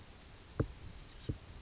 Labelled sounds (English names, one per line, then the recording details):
Oak Titmouse
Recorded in Sonoma County, California